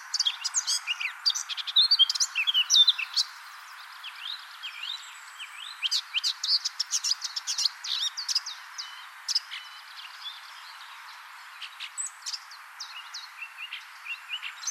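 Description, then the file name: Eurasian blackcap song: bursts of fast, jumbled twittering and sharp chips, loudest early on, then softer scattered phrases continuing to the end. "Sylvia atricapilla"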